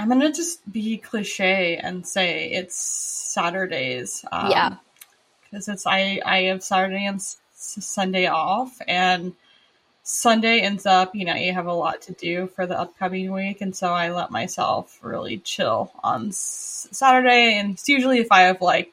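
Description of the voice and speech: Adult conversational speech with stretched sounds and silent blocks mid-phrase, typical of stuttering disfluency. The speaker has stuttered since childhood, was in speech therapy from age 4, and has had disfluency rates as high as 80%.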